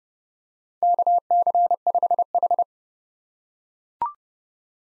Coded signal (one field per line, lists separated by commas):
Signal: Morse code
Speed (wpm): 30 wpm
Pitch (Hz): 700 Hz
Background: none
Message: KC5H